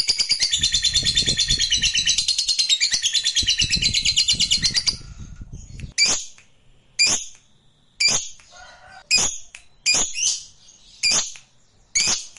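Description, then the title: Lovebird chattering song for about five seconds, then a series of separate sharp chirps roughly once a second with brief soft squeaks between. Fighter-type lovebird singing energetically, described as gacor. "SUARA Lovebird FIGHTER GACOR"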